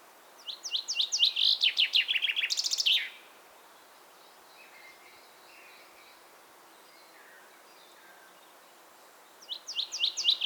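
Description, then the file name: Common chaffinch song: a fast trill of sharp notes stepping down in pitch, ending in a bright flourish, then faint scattered chirps before a second song begins. "Fringilla coelebs"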